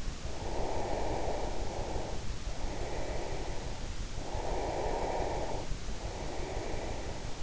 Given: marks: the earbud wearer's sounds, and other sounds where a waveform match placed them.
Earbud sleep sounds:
sounds in sleep by an in-ear microphone; breath
0.25-3.86 s: breath
4.11-7.43 s: breath

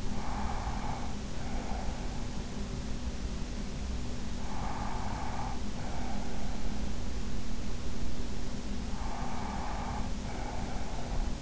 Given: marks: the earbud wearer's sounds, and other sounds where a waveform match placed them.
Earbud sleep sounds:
sounds in sleep by an in-ear microphone; breath
0.00-2.39 s: breath
4.40-6.57 s: breath
8.80-11.42 s: breath

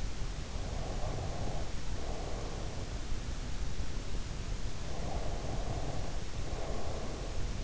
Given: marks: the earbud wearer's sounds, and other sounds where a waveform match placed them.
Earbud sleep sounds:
sounds in sleep by an in-ear microphone; breath
0.40-2.99 s: breath
4.99-7.64 s: breath

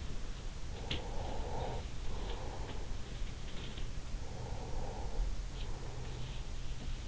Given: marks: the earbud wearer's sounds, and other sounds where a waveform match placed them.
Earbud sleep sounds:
sounds in sleep by an in-ear microphone; breath
0.03-3.41 s: sound from someone else or the room
0.68-3.50 s: breath
3.95-6.64 s: breath

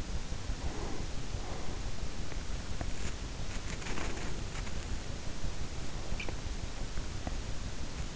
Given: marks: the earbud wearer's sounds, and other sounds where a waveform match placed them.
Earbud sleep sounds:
sounds in sleep by an in-ear microphone; breath, body movement
0.46-2.24 s: breath
2.88-8.16 s: body movement

